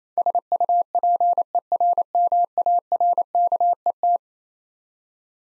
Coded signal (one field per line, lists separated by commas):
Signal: Morse code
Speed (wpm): 28 wpm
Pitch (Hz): 700 Hz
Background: none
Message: SUPERMARKET